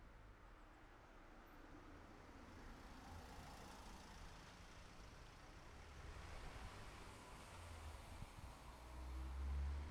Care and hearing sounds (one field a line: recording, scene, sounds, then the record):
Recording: everyday scene through a hearing-aid microphone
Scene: in traffic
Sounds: traffic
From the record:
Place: city secondary road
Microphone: behind the ear, left, rear